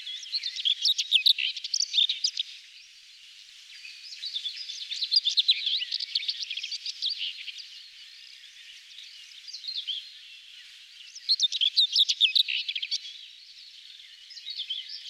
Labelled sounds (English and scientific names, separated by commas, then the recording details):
Common Whitethroat (Sylvia communis) song
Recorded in the wild
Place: Braslawskiye, BY
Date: 2005-05-18
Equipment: Minidisc Sony MZ-R35, Telinga DAT, Telinga-Parabolspiegel
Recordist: Schwarz, Dieter